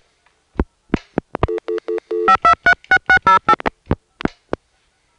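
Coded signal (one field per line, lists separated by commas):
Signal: DTMF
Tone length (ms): 90 ms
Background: music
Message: 5236608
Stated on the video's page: Payphone signalling from privately owned payphones (COCOTs) in Georgia, recorded in 1986.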